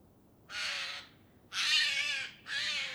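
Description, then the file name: Eurasian jay giving harsh, rasping screeches: three broad noisy bursts, each under a second long, starting about one second apart. "Garrulus glandarius"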